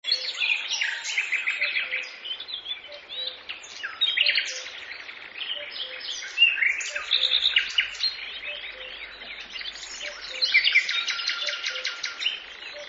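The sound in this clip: Birds calling: overlapping chirps, trills and rapid repeated notes, with a faint tone pulsing about twice a second.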